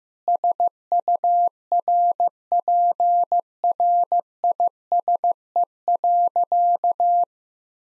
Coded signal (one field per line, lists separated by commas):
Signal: Morse code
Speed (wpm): 15 wpm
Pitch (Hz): 700 Hz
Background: none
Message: SURPRISE.